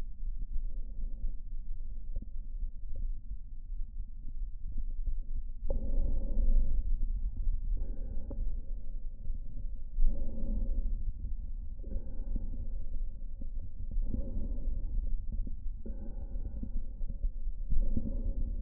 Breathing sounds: lung sounds by stethoscope; right anterior apical chest; quiet breathing, then deep breathing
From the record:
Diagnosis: COPD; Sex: male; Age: 81 years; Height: 166 cm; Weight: 98.7 kg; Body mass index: 35.8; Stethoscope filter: diaphragm mode

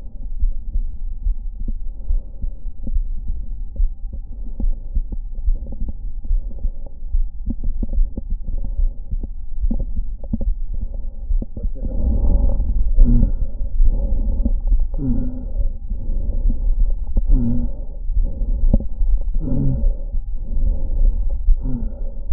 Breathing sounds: lung sounds by stethoscope; right anterior apical chest; quiet breathing, then deep breathing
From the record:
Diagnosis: interstitial lung disease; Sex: female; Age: 72 years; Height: 153 cm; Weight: 71 kg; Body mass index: 30.3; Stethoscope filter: diaphragm mode

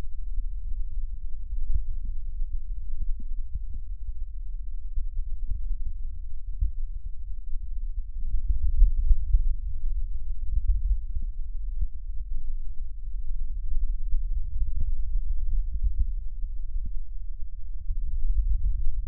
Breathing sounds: lung sounds by stethoscope; left posterior basal chest; quiet breathing, then deep breathing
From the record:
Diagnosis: COPD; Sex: male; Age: 80 years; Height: 171 cm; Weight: 75 kg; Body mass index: 25.6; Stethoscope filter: bell mode

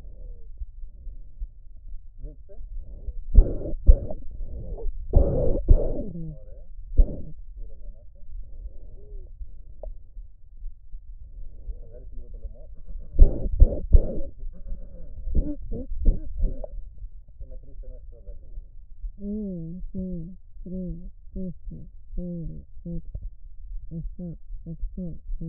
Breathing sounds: lung sounds by stethoscope; right posterior basal chest; quiet breathing, then cough and speech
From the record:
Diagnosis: asthma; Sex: female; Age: 56 years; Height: 161 cm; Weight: 85 kg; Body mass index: 32.8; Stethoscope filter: extended mode

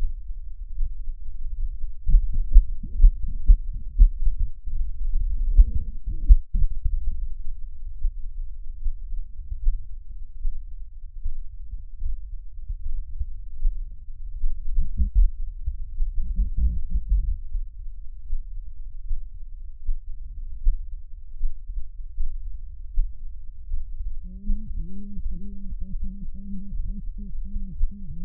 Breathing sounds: lung sounds by stethoscope; left posterior apical chest; quiet breathing, then cough and speech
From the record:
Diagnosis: pulmonary infection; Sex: female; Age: 74 years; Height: 160 cm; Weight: 66 kg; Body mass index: 25.8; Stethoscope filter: bell mode

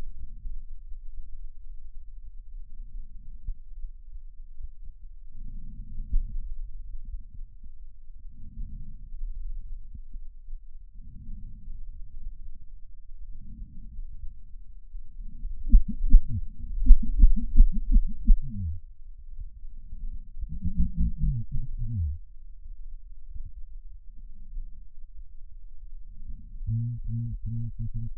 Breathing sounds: lung sounds by stethoscope; left posterior basal chest; quiet breathing, then cough and speech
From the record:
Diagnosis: none (healthy); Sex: male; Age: 45 years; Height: 173 cm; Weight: 92 kg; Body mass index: 30.7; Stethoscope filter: bell mode

